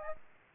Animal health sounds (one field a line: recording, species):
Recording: mosquito wingbeat signal from an infrared sensor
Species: Aedes albopictus